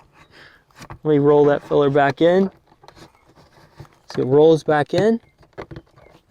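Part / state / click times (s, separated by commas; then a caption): retractable utility light into its housing on the motorhome body / not seated / none. A pull-out, twist-operated retractable utility light on the body of a 2007 Monaco Dynasty 43 Palace III motorhome is rolled back toward its housing while someone talks. Brief handling taps and light scrapes sound between the speech. Nothing has seated or clicked into place yet.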